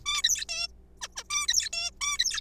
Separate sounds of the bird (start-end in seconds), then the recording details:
0.06-0.22, 0.24-0.45, 0.49-0.68, 1.02-1.07, 1.16-1.23, 1.30-1.47, 1.48-1.69, 1.73-1.91, 2.01-2.18, 2.19-2.41. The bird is a juvenile. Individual R3428